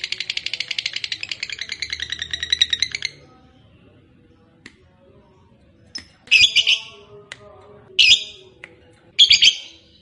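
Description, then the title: Lovebird giving a three-second burst of rapid chatter, then a pause followed by three short harsh squawking bursts. Fighter-type lovebird singing energetically, described as gacor. "SUARA Lovebird FIGHTER GACOR"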